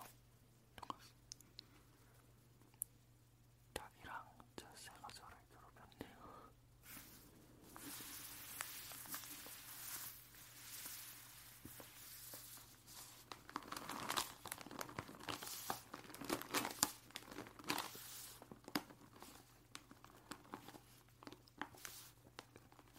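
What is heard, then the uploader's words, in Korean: Newspaper is handled, rustling and crinkling in dense bursts that swell after seven seconds, over a low steady hum. 신문 만지작 만지작 소리입니다.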